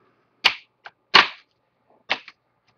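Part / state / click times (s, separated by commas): plastic screen bezel clips on a laptop display lid / released / 0.5 s, 1.2 s, 2.1 s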